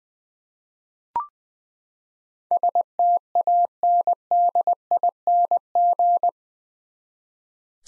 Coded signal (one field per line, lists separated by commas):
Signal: Morse code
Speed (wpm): 20 wpm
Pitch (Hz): 700 Hz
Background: none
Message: STANDING